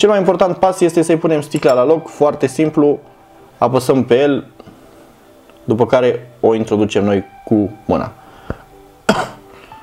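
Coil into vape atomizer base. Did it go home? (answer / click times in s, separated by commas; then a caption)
yes / 9.1 s. A replacement metal coil head is pushed by hand into the opening of an Aramax Power vape atomizer base while someone talks. A strong, sharp click at 9.1 s marks the coil seating, and it stays in place.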